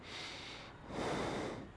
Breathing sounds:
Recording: one breath in and out by a microphone near the nose and mouth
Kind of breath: normal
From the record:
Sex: male

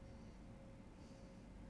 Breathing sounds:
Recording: one breath in and out by a microphone near the nose and mouth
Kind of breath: normal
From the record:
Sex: male

